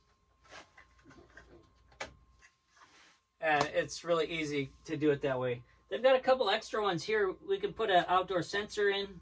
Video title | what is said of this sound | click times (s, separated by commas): Navien Hydro furnace unboxing | They snap right in place. | 2.0 s